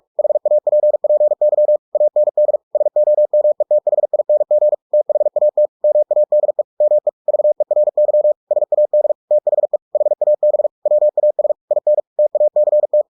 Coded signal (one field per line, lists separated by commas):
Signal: Morse code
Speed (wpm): 46 wpm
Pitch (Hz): 600 Hz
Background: none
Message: HAPPY AND SOMETHING THAT MADE ME VERY SAD THE HAB WAS INTACT